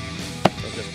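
A plastic cowl/drain piece held by metal friction clips is pushed back into the body below the windshield of a Hummer H2. One sharp snap sounds at 0.5 s over a steady low background. The piece clips back in and is seated.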